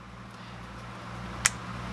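A plastic 510 adapter plate is lined up with the connectors on the bottom of an Artery Nugget GT pod mod body and pushed down into the device. A single sharp, loud click sounds at 1.5 s over a steady low hum. The plate is seated in the pod mod.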